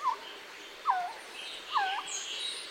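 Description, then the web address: Resplendent Quetzal calls: three whistled notes, evenly spaced, each sliding downward. Bird of the cloud forests of southern Mexico and Central America; nests in tree cavities; both parents share incubation. "birdnote-en-espanol quetzal-el-ave-sagrada-de-mexico"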